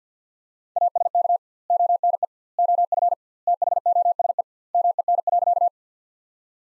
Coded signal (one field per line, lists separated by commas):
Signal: Morse code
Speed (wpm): 50 wpm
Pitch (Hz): 700 Hz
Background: none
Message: ASK ONE OF THOSE MEN.